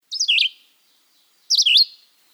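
Red-eyed Vireo song: two short, slurred whistled phrases, each dipping and rising, separated by a pause of about a second, with no other sounds.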